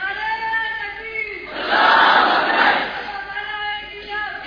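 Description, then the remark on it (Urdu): A crowd chants slogans in unison during a speech, sustained voices swelling into a loud collective roar midway through before settling back into steady chanting. “میرے عزیز دوستو, نعرے لگانے کا وقت بیت چکا.”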